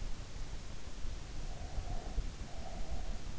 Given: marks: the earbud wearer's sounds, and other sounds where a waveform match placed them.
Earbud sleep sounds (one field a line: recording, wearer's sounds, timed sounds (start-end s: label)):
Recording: sounds in sleep by an in-ear microphone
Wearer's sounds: breath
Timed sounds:
1.47-3.16 s: breath